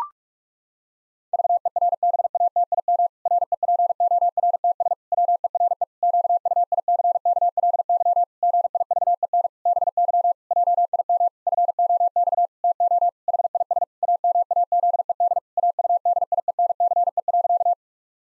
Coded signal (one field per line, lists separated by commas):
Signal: Morse code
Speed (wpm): 41 wpm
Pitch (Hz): 700 Hz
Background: none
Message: VERBATIM REPORTS WERE QUICKLY GIVEN BY JIM FOX TO HIS AMAZED AUDIENCE.